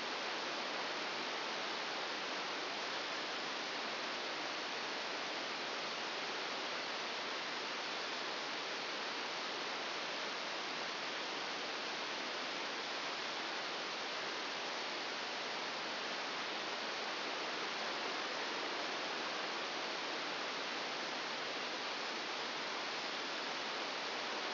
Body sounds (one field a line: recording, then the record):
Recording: brain microelectrode recording played as sound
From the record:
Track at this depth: inside the subthalamic nucleus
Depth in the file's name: 4.208 mm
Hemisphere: right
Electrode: 2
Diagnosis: Parkinson's disease